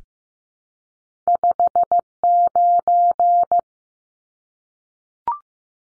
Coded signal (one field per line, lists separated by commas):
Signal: Morse code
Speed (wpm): 15 wpm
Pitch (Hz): 700 Hz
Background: none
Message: 59